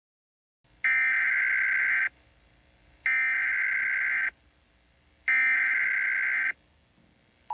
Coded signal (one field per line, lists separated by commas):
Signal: Emergency Alert System (SAME) tones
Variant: header bursts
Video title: THREE WORLDS (part one) (EAS SCENARIO)